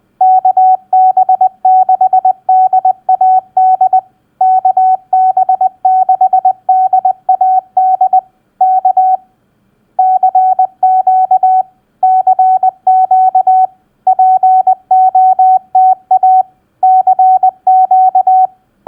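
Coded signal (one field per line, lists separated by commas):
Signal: Morse code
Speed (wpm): 20 wpm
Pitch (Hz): 750 Hz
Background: none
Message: KB6DAD KB6DAD K CQ CQ POTA CQ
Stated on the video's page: Simulated POTA activator's initial CQ call sent at 20 wpm as Morse practice.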